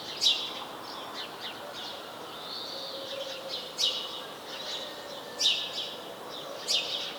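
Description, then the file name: House sparrow chirping irregularly, four sharp notes with softer chirrups in between. "Passer domesticus"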